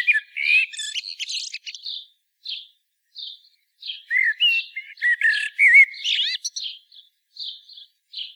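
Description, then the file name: Common blackbird singing two mellow, warbling phrases that break into thin high squeaks, separated by quiet scattered chirps. "Turdus merula"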